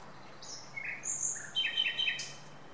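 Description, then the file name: Common nightingale song: a quick, varied run of high whistled and buzzy notes, some held briefly and some falling. "Luscinia megarhynchos"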